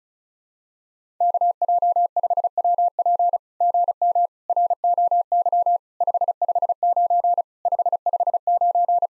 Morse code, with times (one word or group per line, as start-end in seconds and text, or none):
1.2-3.4 KJ5WP
3.6-4.3 GM
4.5-5.8 ROY
6.0-7.4 559
7.7-9.1 559